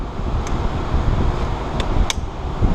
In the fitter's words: and you hear that click spring clip is on